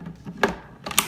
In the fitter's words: There you go. Hear the click. You hear the click.